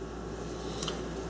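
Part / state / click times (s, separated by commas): end disc into the water softener cartridge / seated / 0.8 s, 0.9 s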